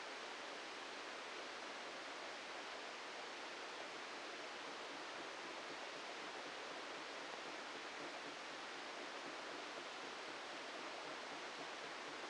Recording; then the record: brain microelectrode recording played as sound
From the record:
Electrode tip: inside the subthalamic nucleus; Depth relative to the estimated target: 0 mm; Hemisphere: left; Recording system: NeuroSet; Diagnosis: Parkinson's disease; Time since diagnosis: 14 years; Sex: male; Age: 51 years